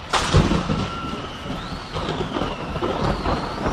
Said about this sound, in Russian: Мартин был застигнут в поле внезапной грозой